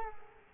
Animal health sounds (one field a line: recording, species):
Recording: mosquito wingbeat signal from an infrared sensor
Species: Culex quinquefasciatus